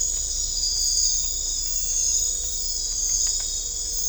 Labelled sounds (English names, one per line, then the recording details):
none
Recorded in dense forest near Puerto Asís, Putumayo, Colombia, on 18 December 2024 at 00:00
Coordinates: 0.500, -76.322
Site G053